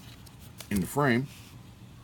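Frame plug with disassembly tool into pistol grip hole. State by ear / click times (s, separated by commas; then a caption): not seated / none. A polymer frame plug that also holds the disassembly tool is pushed toward the hole at the back of a 2017 Glock 17 pistol grip. There is quiet handling noise with a faint tick near 0.3 s, and someone talks briefly in the middle. Nothing has seated or clicked yet.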